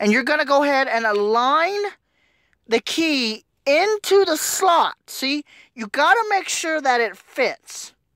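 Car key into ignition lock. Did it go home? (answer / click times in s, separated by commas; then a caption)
no / none. Someone talks while lining a metal car key up with the slot of a car's ignition lock. Only speech is heard, with no click; the key has not seated or clicked into the ignition yet.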